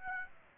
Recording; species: mosquito wingbeat signal from an infrared sensor; Aedes aegypti